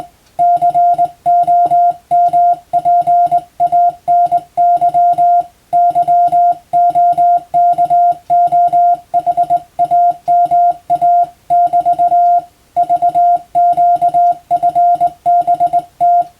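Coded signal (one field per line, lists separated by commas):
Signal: Morse code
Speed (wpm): 21 wpm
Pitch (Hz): 700 Hz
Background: music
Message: COMPANY YOKOHAMA <BT> VQFBT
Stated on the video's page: Morse sent by a first-class radiotelegraph operator as training for the national radiotelegraph exam, using European-language telegram practice texts.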